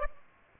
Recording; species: mosquito wingbeat signal from an infrared sensor; Aedes aegypti